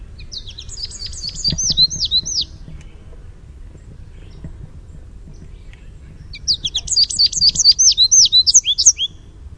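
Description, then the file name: American goldfinch contact song, two short bursts of quick high twitters ending in slurred notes, several seconds apart with quiet between. "Sweeet" contact call and contact song. "AMGO contact song sweeet"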